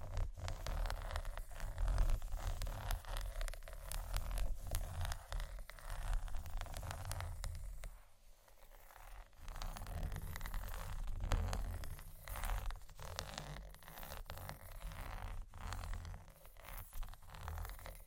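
Dry scratching on chocolate runs almost without pause, a dense rasp of quick strokes with sharp clicky taps scattered through it. Around the eight-second mark it drops away briefly before the busy scraping resumes, over a soft low hum.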